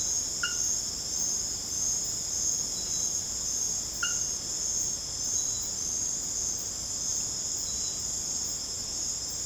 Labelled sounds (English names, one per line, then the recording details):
none
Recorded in secondary vegetation near Puerto Asís, Putumayo, Colombia, on 18 December 2024 at 21:30
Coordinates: 0.489, -76.322
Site G059